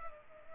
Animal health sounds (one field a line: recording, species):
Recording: mosquito wingbeat signal from an infrared sensor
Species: Culex pipiens